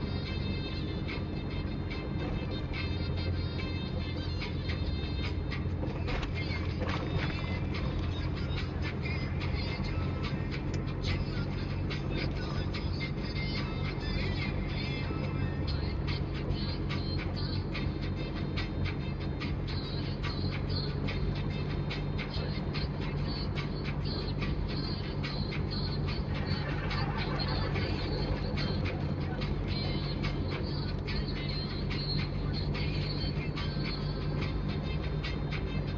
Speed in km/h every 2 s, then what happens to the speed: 28, 29, 29, 29, 30, 30, 30, 31, 30, 31, 31, 31, 31, 31, 31, 32, 32, 31.
0-36 steady at about 31.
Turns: none.